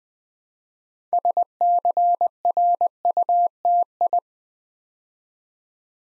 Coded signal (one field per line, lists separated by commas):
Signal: Morse code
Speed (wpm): 20 wpm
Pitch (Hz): 700 Hz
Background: none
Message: SCRUTI